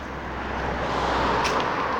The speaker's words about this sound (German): und da fährt ein Auto vorbei